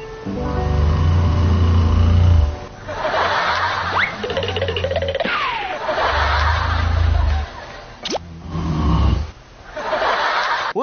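Deep, low rumbling snores from a man come in about four long breaths over eleven seconds. Each lasts one to two seconds, with quieter pauses between. Cartoon-style whistle and boing effects are laid over them. This is fairly gentle adult snoring.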